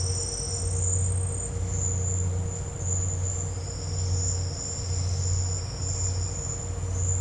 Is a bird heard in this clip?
no